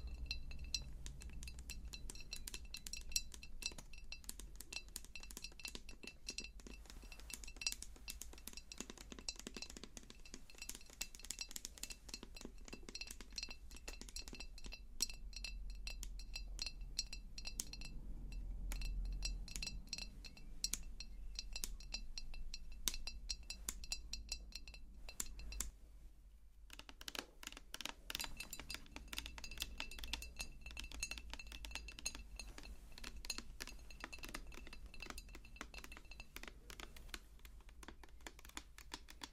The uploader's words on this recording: ASMR Your Face is Plastic, Mine is Glass - Face Touching & Tapping Triggers.